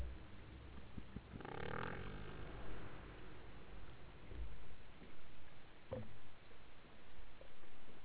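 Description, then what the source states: Killer whale call: a single brief harmonic, pulsed call rising out of steady low rumble and hiss, with a faint short sound later and continuous background noise. Northern killer whales, 2014.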